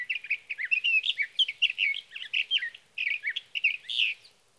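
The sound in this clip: Sage thrasher song, a run of rapid warbled, whistled phrases with little pause.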